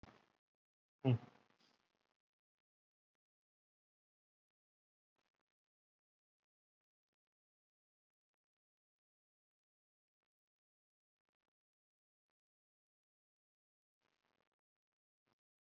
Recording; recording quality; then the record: deep breathing; poor, much background noise or distortion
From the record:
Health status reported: COVID-19 positive, mild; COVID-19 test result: positive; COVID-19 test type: RT-PCR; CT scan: not taken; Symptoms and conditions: none ticked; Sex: male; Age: 30 years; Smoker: no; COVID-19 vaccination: none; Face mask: not worn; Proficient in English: no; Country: India